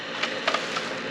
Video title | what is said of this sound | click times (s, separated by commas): Junk C/D Merchandise From Costco Vacuums Mystery Pallet Unboxing $4450 Retail Cost Only $300 | but it's not locking it's not locking in | none